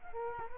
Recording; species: mosquito wingbeat signal from an infrared sensor; Culex quinquefasciatus